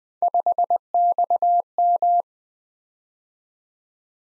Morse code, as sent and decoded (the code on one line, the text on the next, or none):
..... -..- --
5XM